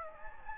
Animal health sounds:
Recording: mosquito wingbeat signal from an infrared sensor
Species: Anopheles gambiae

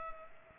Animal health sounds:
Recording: mosquito wingbeat signal from an infrared sensor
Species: Culex pipiens

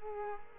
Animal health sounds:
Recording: mosquito wingbeat signal from an infrared sensor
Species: Culex quinquefasciatus

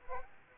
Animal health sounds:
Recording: mosquito wingbeat signal from an infrared sensor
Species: Culex quinquefasciatus

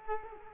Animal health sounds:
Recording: mosquito wingbeat signal from an infrared sensor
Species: Culex quinquefasciatus

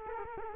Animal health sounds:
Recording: mosquito wingbeat signal from an infrared sensor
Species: Culex quinquefasciatus

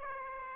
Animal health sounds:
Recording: mosquito wingbeat signal from an infrared sensor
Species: Aedes aegypti

